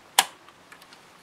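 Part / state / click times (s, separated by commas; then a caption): memory module into motherboard DIMM slot / seated / 0.2 s. A RAM memory module is pressed down into a motherboard DIMM slot on the side with the retention clip, and the slot latch snaps closed with one sharp, bright click at 0.2 s. A few faint small ticks follow in otherwise quiet surroundings. The latch clicks home, meaning the stick is seated and installed properly.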